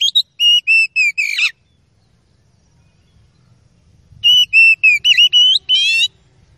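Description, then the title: Oriental magpie-robin song: bursts of loud, clear whistled notes, several steady held tones then a harsh descending flourish, a pause, then another whistled burst ending in a buzzy trill. Oriental magpie-robin song used as a training recording (masteran) to provoke fighting behaviour in another kacer bird. "Kacer Langsung Tarung Konslet KACER NGOTOT FULL TEMBAKAN. MASTERAN KACER"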